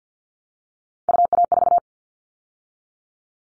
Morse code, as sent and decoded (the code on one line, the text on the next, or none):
..- .- ....-
UA4